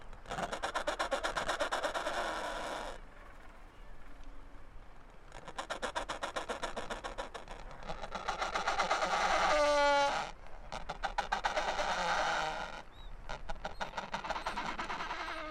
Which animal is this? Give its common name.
Adelie Penguin